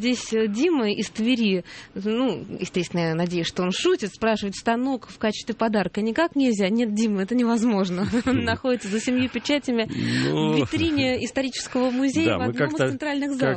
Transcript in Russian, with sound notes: Здесь Дима из Твери, ну, естественно, я надеюсь, что он шутит, спрашивает: «Станок в качестве подарка никак нельзя?». Нет, Дима, это невозможно.. (Смеётся) Он находится за семью печатями в витрине Исторического музея, в одном из центральных залов.